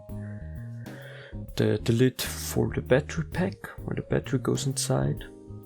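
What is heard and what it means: A battery pack is handled at the battery compartment of a Canon EOS 250D camera while someone talks over background music. Nothing has seated or clicked yet; the clip ends before the battery goes home.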